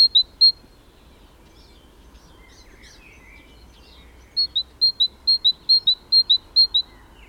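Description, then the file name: Great tit giving a quick series of clear, paired whistled notes, a few at the start, then a longer run of rapid two-note phrases after a pause, with faint twittering between. "Parus major"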